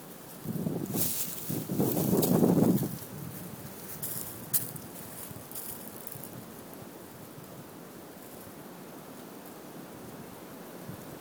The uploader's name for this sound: Wind in the Trees at Vistamount Trail going up Mt. Gilman